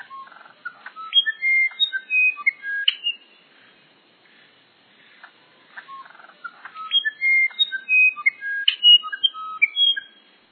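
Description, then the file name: Musician wren song: pure, flute-like whistled notes jumping between high and low pitches in quick varied phrases, two bursts separated by a pause of about two seconds. "uirapuru verdadeiro"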